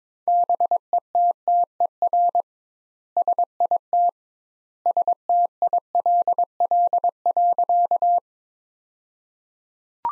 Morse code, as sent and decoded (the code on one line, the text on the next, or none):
-... . - - . .-. / ... .. - / ... - .. .-.. .-.. .-.-.-
BETTER SIT STILL.